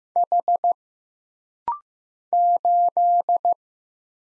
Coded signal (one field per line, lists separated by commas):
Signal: Morse code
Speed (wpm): 15 wpm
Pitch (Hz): 700 Hz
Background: none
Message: H 8